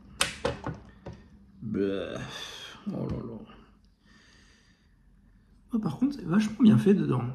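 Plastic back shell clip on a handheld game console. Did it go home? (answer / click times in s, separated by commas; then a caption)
released / 0.2 s. A scalpel pries the plastic back shell off a handheld game console (a PSP Go), and the shell, which is just clipped on, lets go with a sharp snap at 0.2 s, followed by a couple of smaller clicks. Someone talks afterward as the clip is released and the shell pops open.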